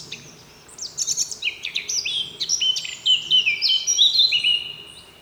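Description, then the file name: Eurasian blackcap song starting with quick scratchy notes and building into a rich, fluty, whistled flourish, with a faint low hum underneath. "Sylvia atricapilla"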